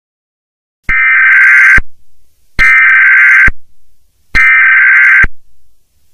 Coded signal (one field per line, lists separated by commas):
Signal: Emergency Alert System (SAME) tones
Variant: header bursts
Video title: Mini EAS scenario The New Years Asteroid Drop